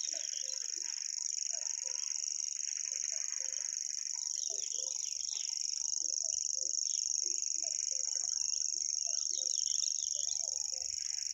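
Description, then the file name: Common grasshopper warbler giving a steady, unbroken high mechanical reel throughout, over a background of many soft low-pitched calls. "reti tucsokmadar hangja"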